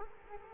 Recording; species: mosquito wingbeat signal from an infrared sensor; Culex quinquefasciatus